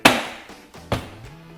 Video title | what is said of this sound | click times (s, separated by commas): How to Remove and Replace a Porsche 997 Door Panel, and Replace Door Speakers | the panel's all snap in place | 0.1 s